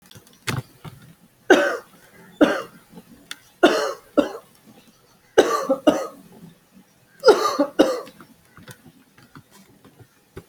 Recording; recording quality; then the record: heavy voluntary cough; excellent, no background noise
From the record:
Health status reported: healthy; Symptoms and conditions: none ticked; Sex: male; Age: 32 years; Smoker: not ticked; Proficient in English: yes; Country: India